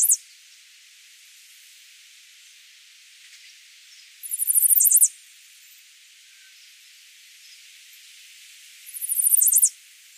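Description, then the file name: Chestnut-sided warbler song: bright, very high run of fast repeated notes ending in sharp downslurs, heard twice in full about five seconds apart, after the end of another phrase at the start. "Setophaga pensylvanica - Chestnut-sided Warbler"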